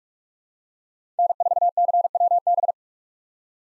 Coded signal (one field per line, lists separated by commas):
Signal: Morse code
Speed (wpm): 43 wpm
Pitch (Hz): 700 Hz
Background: none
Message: N4CWB